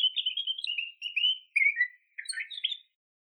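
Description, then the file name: Pine grosbeak singing a warble of slurred, wavering notes with a few brief breaks. "Pinicola enucleator"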